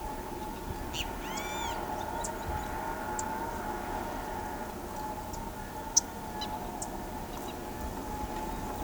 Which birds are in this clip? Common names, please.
Great Kiskadee, Carib Grackle, White-eared Conebill, Southern Lapwing